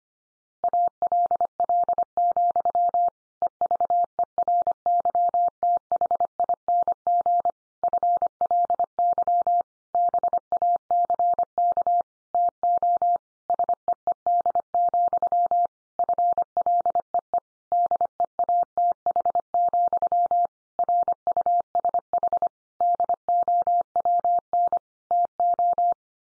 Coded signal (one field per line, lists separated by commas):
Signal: Morse code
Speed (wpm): 25 wpm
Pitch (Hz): 700 Hz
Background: none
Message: ALL, EVERYTHING FLY BACK TO SEED, FLEE DEATH, RUSH DOWN TO